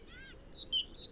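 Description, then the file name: Great tit call: three clear high whistled notes alternating high and lower, after faint lower whistles. "Parus major"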